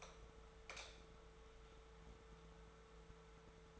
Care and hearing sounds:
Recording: daily activity, microphone in the room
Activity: light on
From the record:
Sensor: 3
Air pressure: 1014.6 hPa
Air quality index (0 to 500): 181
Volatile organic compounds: 19 ppm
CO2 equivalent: 2648 ppm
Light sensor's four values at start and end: 42/106/45/49 and 45/114/49/52

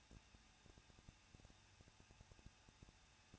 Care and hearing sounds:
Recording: daily activity, microphone in the room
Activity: no activity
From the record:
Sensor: 2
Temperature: 21.0 degrees Celsius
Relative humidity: 37.3%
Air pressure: 1006.2 hPa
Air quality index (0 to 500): 221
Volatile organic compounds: 24 ppm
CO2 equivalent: 2802 ppm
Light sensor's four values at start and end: 2/3/2/2 and 2/3/2/2

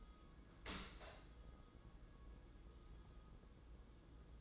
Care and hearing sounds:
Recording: daily activity, microphone in the room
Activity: open dishwasher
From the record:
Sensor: 3

